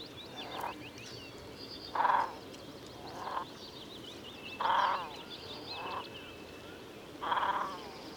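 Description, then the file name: Great crested grebe giving harsh, nasal croaking calls, six in a row alternating softer and louder, with thin high whistles behind. "Svasso Maggiore"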